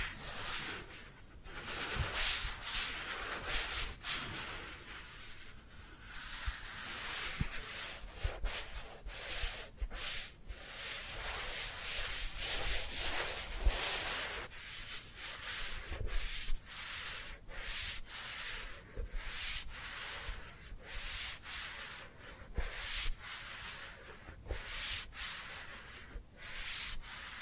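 Dry hands rub together in steady, bright swishing strokes, with frequent brief pauses and occasional faint low thumps throughout.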